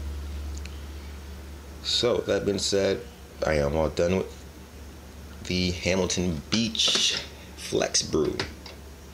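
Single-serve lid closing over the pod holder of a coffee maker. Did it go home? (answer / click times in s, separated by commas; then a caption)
no / none. Someone talks while handling the single-serve brew lid of a plastic Hamilton Beach FlexBrew coffee maker (2019 model) over its pod holder. A couple of faint sharp ticks sound near the start, but the lid is still being handled and nothing has seated or clicked yet.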